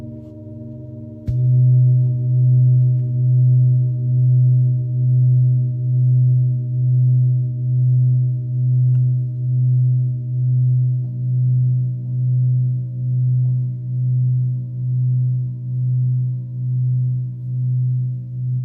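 A singing bowl rings with a low, sustained hum that swells and fades in a steady, slow pulse about once a second. A sharp strike just after one second sets the main tone going, and a brighter overtone joins around eleven seconds.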